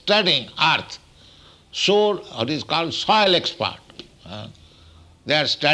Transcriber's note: none